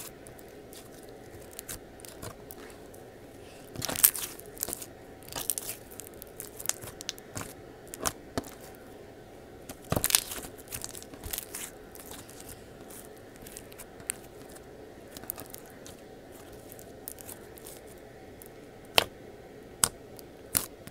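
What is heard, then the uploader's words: Slime being squished and handled, with irregular wet crackles, crunches and sharp snaps scattered throughout. Louder bursts land around four, ten and nineteen seconds, while a soft steady hum sits underneath. Slime, tapping, etc.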